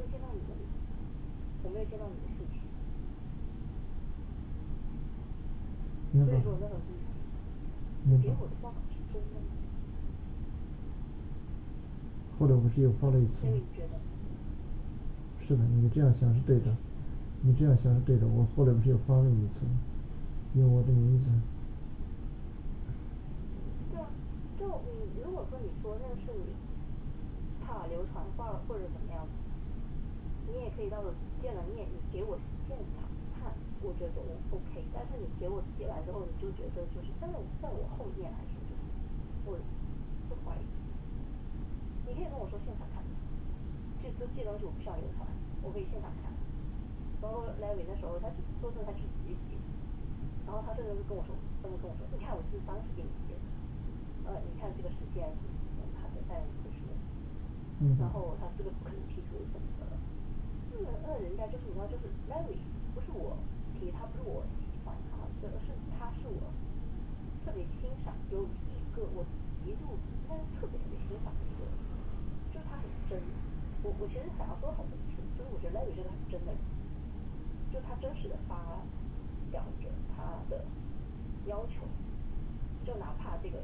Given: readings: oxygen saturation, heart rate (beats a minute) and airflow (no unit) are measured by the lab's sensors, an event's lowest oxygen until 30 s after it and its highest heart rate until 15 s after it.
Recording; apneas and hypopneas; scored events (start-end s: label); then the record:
a person awake in a sleep study, by a smartphone at the bedside; none
0.00-83.64 s: awake
From the record:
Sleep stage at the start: awake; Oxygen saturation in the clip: 94 to 96%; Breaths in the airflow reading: 35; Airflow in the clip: -7.6 to 7.4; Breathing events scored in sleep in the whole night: 216 in 7.0 hours asleep